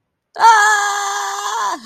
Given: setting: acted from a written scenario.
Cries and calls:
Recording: vocal sound without words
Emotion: distress

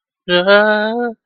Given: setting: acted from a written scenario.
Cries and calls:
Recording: vocal sound without words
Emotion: fear

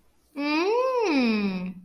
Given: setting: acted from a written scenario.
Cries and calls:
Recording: vocal sound without words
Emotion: realization

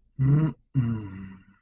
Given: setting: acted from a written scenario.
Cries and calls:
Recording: vocal sound without words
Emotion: serenity

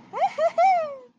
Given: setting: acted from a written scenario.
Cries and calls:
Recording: vocal sound without words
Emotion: pride

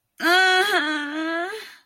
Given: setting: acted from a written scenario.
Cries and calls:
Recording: vocal sound without words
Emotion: sadness

